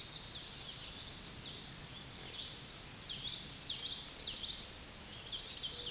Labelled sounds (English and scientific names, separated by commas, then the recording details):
Common Yellowthroat (Geothlypis trichas) song
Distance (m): 30 m
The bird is about 5 m above the microphone
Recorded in a Pennsylvania forest on 16 May 2024 at 08:34
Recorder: AudioMoth, point MSD-2453
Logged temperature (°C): 16.3 °C
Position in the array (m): 235 m, 177 m